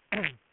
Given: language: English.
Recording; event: throat vibration sensor signal played as sound; throat clearing